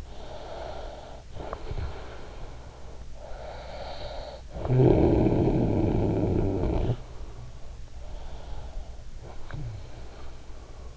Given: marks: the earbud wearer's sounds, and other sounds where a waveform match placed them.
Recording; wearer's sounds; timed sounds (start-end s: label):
sounds in sleep by an in-ear microphone; breath, snoring breath
0.00-3.05 s: breath
3.21-7.02 s: snoring breath
8.10-10.97 s: snoring breath